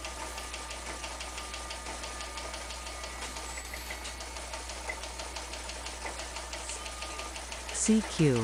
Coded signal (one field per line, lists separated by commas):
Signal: FT8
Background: speech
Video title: FT8 20m QSO -- One Big Watt -- IC7300 -- N7JFP